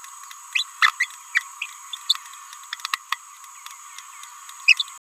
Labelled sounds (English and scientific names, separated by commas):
Green-rumped Parrotlet (Forpus passerinus) babbling